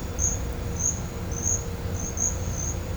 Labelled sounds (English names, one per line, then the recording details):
none
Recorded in pastures near Puerto Asís, Putumayo, Colombia, on 18 December 2024 at 10:00
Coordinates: 0.502, -76.324
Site G077